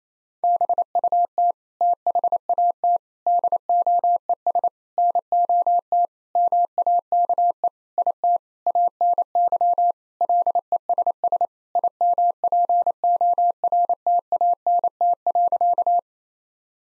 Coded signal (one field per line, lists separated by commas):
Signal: Morse code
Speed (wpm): 28 wpm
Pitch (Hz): 700 Hz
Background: none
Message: BUT THAT DOES NOT MAKE IT ANY LESS IMPORTANT.